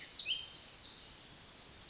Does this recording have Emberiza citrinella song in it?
no